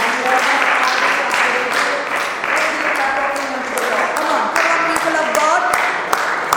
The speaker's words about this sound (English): Let's give a clap of praise unto the Lord.